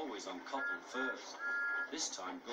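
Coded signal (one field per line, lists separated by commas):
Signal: none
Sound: TV show sound effect beeps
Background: speech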